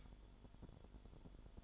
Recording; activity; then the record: daily activity, microphone in the room; light off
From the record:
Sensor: 5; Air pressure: 1008.0 hPa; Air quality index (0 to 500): 100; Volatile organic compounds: 1 ppm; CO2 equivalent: 783 ppm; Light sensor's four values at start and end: 35/82/33/34 and 35/81/33/33